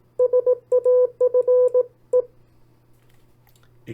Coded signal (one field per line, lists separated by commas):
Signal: Morse code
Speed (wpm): 17 wpm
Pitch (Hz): 500 Hz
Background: speech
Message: SAFE